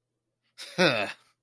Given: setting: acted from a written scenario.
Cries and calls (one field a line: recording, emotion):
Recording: vocal sound without words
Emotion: contempt